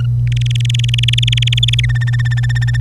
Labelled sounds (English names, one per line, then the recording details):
Domestic Canary song
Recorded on 25 April 2018 at 05:51
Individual llb3